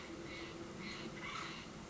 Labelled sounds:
Steller's Jay
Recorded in Sonoma County, California

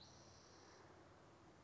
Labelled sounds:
Spotted Towhee
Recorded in Sonoma County, California

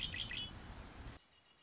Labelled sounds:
Red-winged Blackbird
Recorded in Sonoma County, California

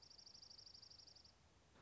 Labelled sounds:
Dark-eyed Junco
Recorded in Sonoma County, California

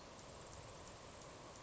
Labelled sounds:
Grasshopper Sparrow
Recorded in Sonoma County, California

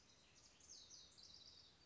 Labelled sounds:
House Wren
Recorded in Sonoma County, California

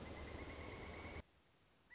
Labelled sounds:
Pileated Woodpecker
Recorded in Sonoma County, California

